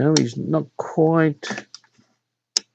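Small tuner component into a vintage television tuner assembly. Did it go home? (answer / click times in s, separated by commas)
yes / 2.6 s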